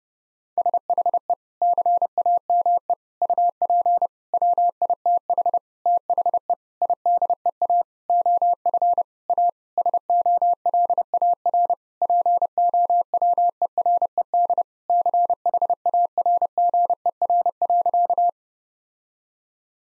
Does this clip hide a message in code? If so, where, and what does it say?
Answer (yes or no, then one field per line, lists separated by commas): yes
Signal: Morse code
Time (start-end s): 0.6-18.3 s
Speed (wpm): 32 wpm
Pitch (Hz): 700 Hz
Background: none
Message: SHE CAME UP WITH THE IDEA OF A SOLAR POWERED CHARGER.